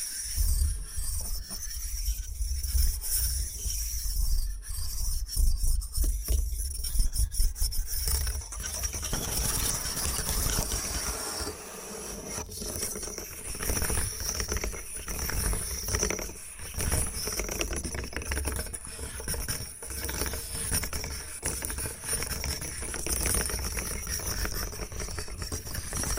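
Bamboo being scratched and brushed, a dense, continuous rasping and rubbing with frequent sharp taps and clicks scattered throughout. The first eight seconds are louder and rougher, then the strokes ease slightly. A low rumble and a high steady hiss run underneath.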